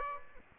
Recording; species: mosquito wingbeat signal from an infrared sensor; Aedes aegypti